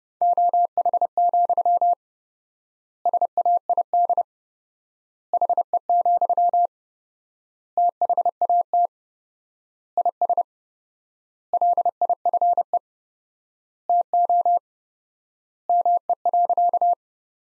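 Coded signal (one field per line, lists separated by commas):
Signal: Morse code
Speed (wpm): 29 wpm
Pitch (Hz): 700 Hz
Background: none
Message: OH, SAID HE, THAT IS LIFE TO ME.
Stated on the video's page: Morse practice of sentences from the top 500 words at 30 wpm with 4x word spacing, a Farnsworth-like method applied to words.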